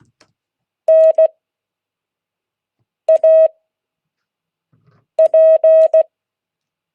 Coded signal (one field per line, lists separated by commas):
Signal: Morse code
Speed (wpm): 16 wpm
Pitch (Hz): 630 Hz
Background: none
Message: NAP